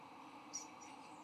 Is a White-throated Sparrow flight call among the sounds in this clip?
no